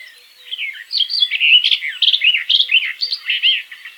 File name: slavka jastrebinaja